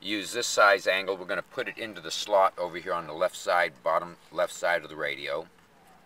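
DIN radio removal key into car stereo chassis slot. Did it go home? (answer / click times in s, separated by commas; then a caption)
no / none. A metal DIN removal key with an angled tip is positioned at the bottom-left slot of a 1994–1999 Mercedes-Benz car stereo while someone talks throughout. The key has not yet seated or clicked into the radio's retaining clip.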